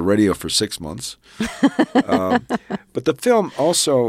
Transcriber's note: laughter